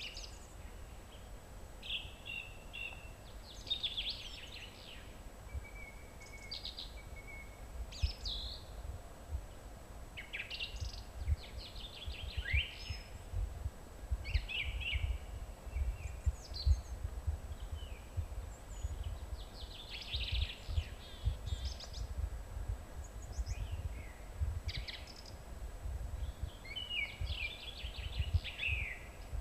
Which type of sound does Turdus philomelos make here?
song